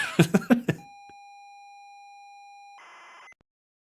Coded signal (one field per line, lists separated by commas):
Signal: ZX Spectrum tape loading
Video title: First console my brother played - ZX Spectrum